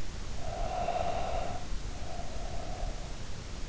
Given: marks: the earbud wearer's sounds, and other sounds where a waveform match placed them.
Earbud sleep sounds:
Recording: sounds in sleep by an in-ear microphone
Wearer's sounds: breath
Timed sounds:
0.34-3.41 s: breath

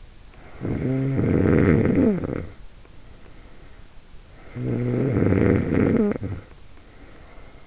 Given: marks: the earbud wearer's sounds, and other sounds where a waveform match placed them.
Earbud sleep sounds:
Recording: sounds in sleep by an in-ear microphone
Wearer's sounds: snoring breath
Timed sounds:
0.30-4.02 s: snoring breath
4.30-7.67 s: snoring breath

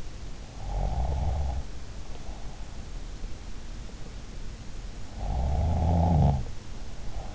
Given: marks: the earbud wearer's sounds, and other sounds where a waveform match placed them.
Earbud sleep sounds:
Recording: sounds in sleep by an in-ear microphone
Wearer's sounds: snoring breath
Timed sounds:
0.48-2.87 s: snoring breath
5.14-7.35 s: snoring breath

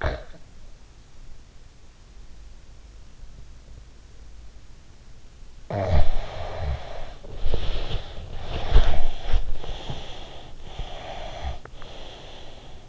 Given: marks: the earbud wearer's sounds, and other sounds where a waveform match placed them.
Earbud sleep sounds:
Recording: sounds in sleep by an in-ear microphone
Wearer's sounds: breath, snoring breath, body movement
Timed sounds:
0.00-0.25 s: breath
5.43-8.20 s: snoring breath
7.17-11.37 s: body movement
8.27-10.53 s: breath
10.60-12.89 s: breath

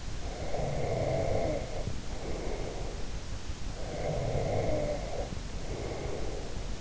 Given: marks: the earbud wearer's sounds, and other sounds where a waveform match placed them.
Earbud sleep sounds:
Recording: sounds in sleep by an in-ear microphone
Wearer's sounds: snoring breath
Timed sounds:
0.15-3.19 s: snoring breath
3.71-6.81 s: snoring breath

